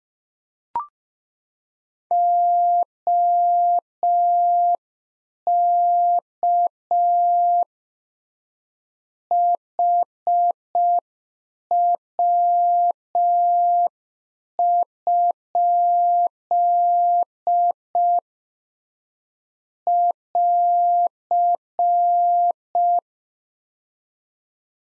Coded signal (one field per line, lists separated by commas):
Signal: Morse code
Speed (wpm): 5 wpm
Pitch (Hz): 700 Hz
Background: none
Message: OK HW? <AR>